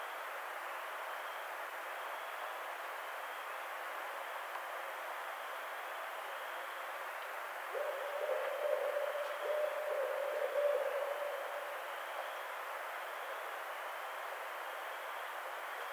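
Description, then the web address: Barred owl hooting in a low steady series from about eight to twelve seconds, the hoots sitting just above a constant broad background hiss. Recorded on 23 April 2009. "Barred Owl 2009 04 23"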